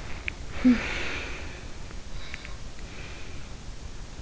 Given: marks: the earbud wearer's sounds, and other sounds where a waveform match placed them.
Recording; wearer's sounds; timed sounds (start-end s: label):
sounds in sleep by an in-ear microphone; breath, talking in sleep
0.00-1.78 s: breath
0.38-1.78 s: talking in sleep
2.09-3.55 s: breath